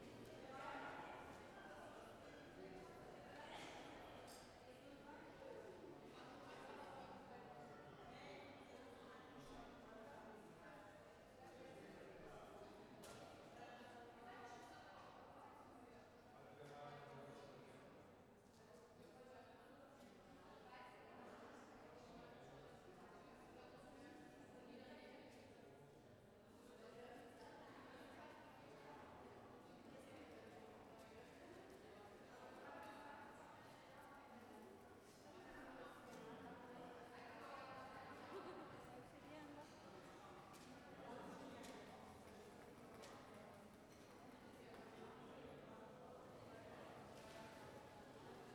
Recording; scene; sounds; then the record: everyday scene through a hearing-aid microphone; reverberant space; background noise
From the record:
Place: railway station hall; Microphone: behind the ear, left, rear